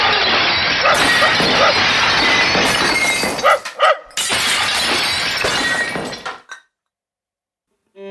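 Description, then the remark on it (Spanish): Loud, continuous crashing and shattering of plates and crockery being angrily hurled against a wall for about six seconds, with sharp breaking impacts, a brief pause in the middle, then more smashing before it cuts to silence. “Se puso furiosa, enloqueció Violeta, y violenta, enojada, sacada de rabia, sacude los platos contra la pared.”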